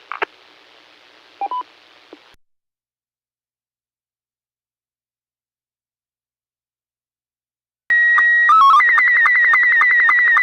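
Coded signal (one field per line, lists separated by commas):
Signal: SSTV (slow-scan television)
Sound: brief beeps, long silence, then steady tone, chirpy code and rhythmic warbling scan tones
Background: brief radio beeps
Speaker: Slow Scan TV Net? This is Rick, KC8LOQ. Please call now.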